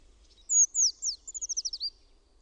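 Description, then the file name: Eurasian treecreeper singing: a few thin, high notes open the phrase, then a quick series of thin notes runs slightly downward. "PUUKIIPIJA"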